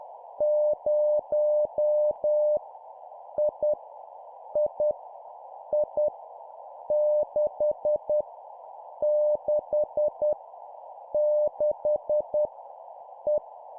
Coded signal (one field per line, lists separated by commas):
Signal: Morse code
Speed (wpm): 10 wpm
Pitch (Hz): 600 Hz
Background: none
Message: 0 I I I 6 6 6 E